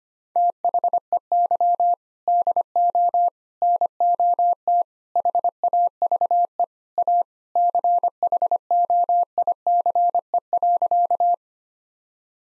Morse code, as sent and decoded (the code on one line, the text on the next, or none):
- .... . -.-- / -.. --- / -. --- - / .... .- ...- . / .- / -.-. .... --- .. -.-. . .-.-.-
THEY DO NOT HAVE A CHOICE.